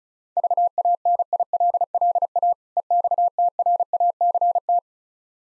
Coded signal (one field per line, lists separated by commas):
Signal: Morse code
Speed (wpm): 35 wpm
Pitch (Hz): 700 Hz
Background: none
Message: VANILLA EXTRACT